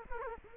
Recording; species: mosquito wingbeat signal from an infrared sensor; Culex quinquefasciatus